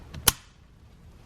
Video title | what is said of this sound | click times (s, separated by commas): 2015-2020 Kia Optima Clock Spring Replacement | Here you have to push that in, make sure that clicks, it locks, otherwise you're going to end up with the airbag light on. | 0.3 s